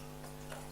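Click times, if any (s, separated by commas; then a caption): 0.5 s. A plastic speed feed, lined up notch to notch on a paintball loader, is pressed down and clicks into place at 0.5 s. A single short click rises over a steady low hum, and the speed feed is seated.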